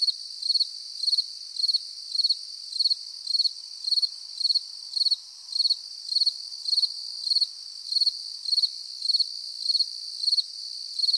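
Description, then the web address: Grasshopper chirping steadily: bright pulsed bursts nearly twice a second, about nineteen in all, layered on a continuous shrill insect buzz. Summer morning in nature, with insects buzzing and grasshoppers chirping. "latna sutrin sred prirodata zuzene na nasekomi curulikane na skakalci"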